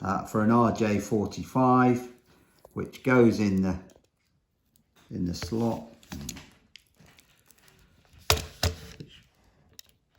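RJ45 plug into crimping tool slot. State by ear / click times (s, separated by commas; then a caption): seated / 8.3 s. An RJ45 network plug is pushed into the die slot of a terminating crimp tool before crimping while someone talks. A sharp click at 8.3 seconds, followed by a few smaller clicks, marks the plug seating in the slot.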